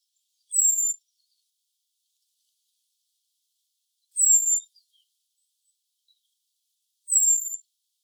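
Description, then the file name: Common blackbird calls: thin, very high drawn-out notes sliding slightly downward, three of them spaced a few seconds apart in otherwise quiet surroundings. "Turdus merula"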